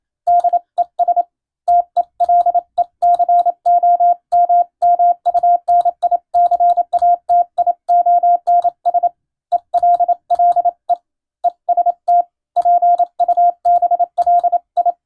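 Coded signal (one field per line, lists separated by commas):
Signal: Morse code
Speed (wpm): 27 wpm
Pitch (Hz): 700 Hz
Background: radio noise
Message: DES TELECOMMUNICATIONS ELLE EST PUBLI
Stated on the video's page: Morse receiving practice of plain-language radiotelegrams following the radiotelegraph operator national exam format.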